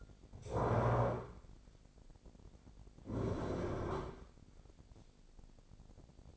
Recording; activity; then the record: daily activity, microphone in the room; stand up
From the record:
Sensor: 5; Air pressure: 1009.4 hPa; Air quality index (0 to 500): 155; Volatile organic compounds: 2 ppm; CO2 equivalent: 1192 ppm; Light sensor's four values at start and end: 283/676/289/317 and 283/677/289/318